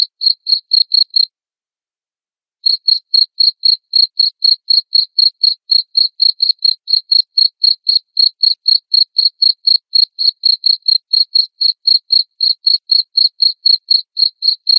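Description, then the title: Cricket giving rapid, even chirps, roughly four each second, breaking off briefly after the first second before continuing steadily to the end against a silent background. Loud cricket chirping played to make lovebirds sing continuously. "Suara JANGKRIK NGERIK Keras Bikin LOVEBIRD Jadi NGEKEK Terus Vubey"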